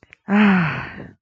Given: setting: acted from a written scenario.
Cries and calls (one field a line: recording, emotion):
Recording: vocal sound without words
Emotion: realization